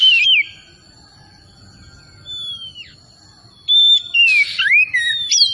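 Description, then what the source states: Oriental magpie-robin whistles: a harsh opening note, a long downslurred whistle, then a short burst of sweet and scratchy notes, over soft background noise. Kacer Tretes type, singing vigorously (gacor).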